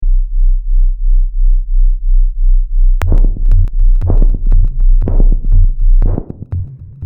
Cosmonaut heart beat.